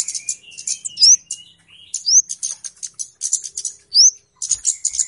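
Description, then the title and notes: Flowerpecker giving rapid high-pitched clicking chips, broken by three thin upslurred whistles and a soft lower trill underneath. Calls used as a lure (pikat). "Kicau Burung Kemade ( Cabe Cabean) Jernih. Suara Burung Cabe Cabean Pikat"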